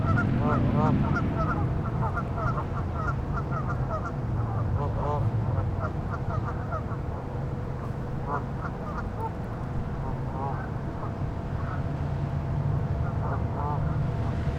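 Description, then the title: Goose: flock of geese honking in dense overlapping bursts over low rumbling noise. "neoscenes: geese"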